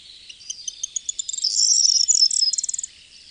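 Corn bunting song: a few ticking notes speeding up into a dry, jangling, high rattle that ends abruptly after about one and a half seconds.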